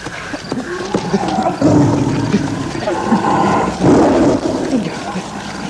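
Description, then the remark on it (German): A tiger roars and growls in deep, rough, sustained bursts, swelling loudly twice with a rumbling snarl carrying between the peaks. “Der Tiger gab auf. Jedenfalls war nach einiger Zeit nicht mehr zu hören.”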